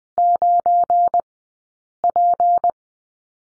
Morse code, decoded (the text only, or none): 9P